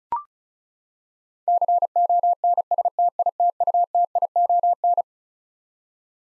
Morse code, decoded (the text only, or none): CONSTITUTION